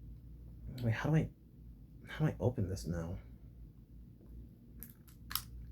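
Someone talks while working out how to open a plastic toy morpher, a Memorial Edition G-Phone, followed by a few small clicks and taps. A sharp snap at 5.4 s marks the part clicking open, and it is released.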